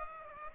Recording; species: mosquito wingbeat signal from an infrared sensor; Aedes aegypti